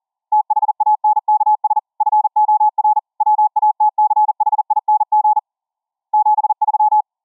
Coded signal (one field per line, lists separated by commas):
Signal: Morse code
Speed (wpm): 40 wpm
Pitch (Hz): 850 Hz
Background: none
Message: THANKS FOR WATCHING 73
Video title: diy Twin Coil Ferrite Rod(s) 26.6 kHZ VLF TX & RX Antenna for CW, Through The Earth(TTE) Radio COMMs